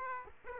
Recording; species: mosquito wingbeat signal from an infrared sensor; Aedes aegypti